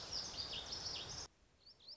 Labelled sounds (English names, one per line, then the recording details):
Lazuli Bunting
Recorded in Sonoma County, California